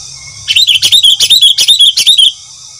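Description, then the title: Sooty-headed bulbul chirping song, a rapid run of many bright, sharp notes packed into under two seconds, with a steady high hiss behind it. "Kutilang"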